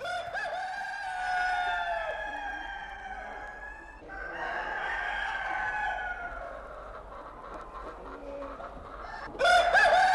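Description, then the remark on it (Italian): A rooster crows in a long, strained cock-a-doodle-doo with wavering harmonic tones, followed by a second rougher crow and a sharp, loud burst at the end, with no talking. “Volete il gallo? Vabbè, gallo.”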